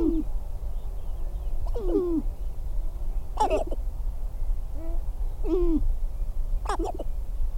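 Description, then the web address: Sharp-tailed grouse making hoarse, harmonic falling calls, repeated several times, mixed with brief sharp clicks. "Natural Sounds Sharp-tailed Grouse"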